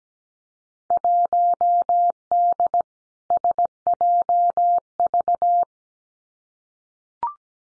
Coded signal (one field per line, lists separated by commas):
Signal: Morse code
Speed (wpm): 17 wpm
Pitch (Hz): 700 Hz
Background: none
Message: 1D SJV